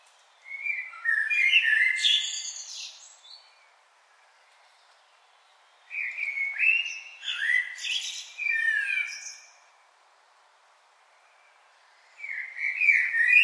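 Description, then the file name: Common blackbird song: three separate phrases, each made of fluted warbling notes with high, scratchy twitters mixed in, the last one cut short. "Turdus merula"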